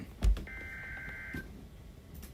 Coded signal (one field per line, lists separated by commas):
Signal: Emergency Alert System (SAME) tones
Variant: header bursts